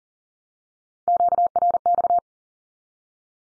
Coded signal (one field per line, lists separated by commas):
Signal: Morse code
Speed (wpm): 42 wpm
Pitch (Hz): 700 Hz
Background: none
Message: QRX